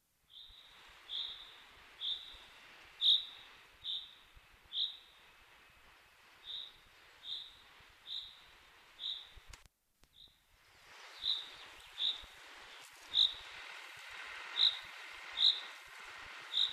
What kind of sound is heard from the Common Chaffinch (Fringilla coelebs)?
song